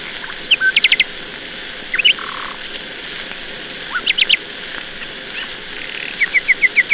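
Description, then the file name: Nightingale song: a few bright notes, then a rapid burst of repeated clicks, a low flat whistle, and a final run of evenly spaced sharp notes, over a steady hiss. "Solovei"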